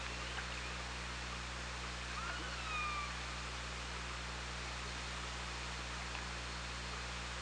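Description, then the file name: Killer whale call: a short tonal cry rising then gliding down with a faint harmonic, heard once over constant underwater hiss and low engine-like hum. On the OrcaLab hydrophone, 24 August 2017 at 16:56. "Orca Lab UTLN JASON 20170824 165633"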